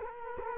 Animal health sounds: mosquito wingbeat signal from an infrared sensor; Culex quinquefasciatus

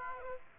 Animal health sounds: mosquito wingbeat signal from an infrared sensor; Aedes aegypti

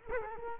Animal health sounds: mosquito wingbeat signal from an infrared sensor; Culex quinquefasciatus

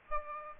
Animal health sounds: mosquito wingbeat signal from an infrared sensor; Aedes aegypti

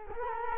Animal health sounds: mosquito wingbeat signal from an infrared sensor; Culex quinquefasciatus

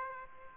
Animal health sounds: mosquito wingbeat signal from an infrared sensor; Aedes aegypti

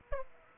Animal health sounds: mosquito wingbeat signal from an infrared sensor; Aedes aegypti

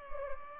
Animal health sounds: mosquito wingbeat signal from an infrared sensor; Culex pipiens

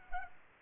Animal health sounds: mosquito wingbeat signal from an infrared sensor; Culex pipiens

